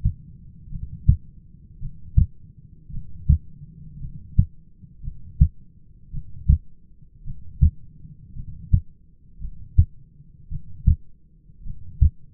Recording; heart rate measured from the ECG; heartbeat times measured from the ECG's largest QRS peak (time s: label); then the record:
heart sounds by stethoscope; 55 bpm
0.70 s: heartbeat
1.80 s: heartbeat
2.92 s: heartbeat
4.00 s: heartbeat
5.02 s: heartbeat
6.12 s: heartbeat
7.25 s: heartbeat
8.34 s: heartbeat
9.39 s: heartbeat
10.50 s: heartbeat
11.64 s: heartbeat
From the record:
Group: heart failure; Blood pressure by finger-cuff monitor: 98/58 mmHg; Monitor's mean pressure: 70 mmHg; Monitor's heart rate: 55 bpm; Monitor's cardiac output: 6 L/min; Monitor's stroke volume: 109 mL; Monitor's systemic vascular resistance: 830 dyn s/cm5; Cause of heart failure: dilated cardiomyopathy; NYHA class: 2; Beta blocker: bisoprolol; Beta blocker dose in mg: 10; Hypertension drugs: sacubitril-valsartan, spironolactone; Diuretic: furosemide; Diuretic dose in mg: 40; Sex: male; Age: 29 years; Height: 174 cm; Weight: 92 kg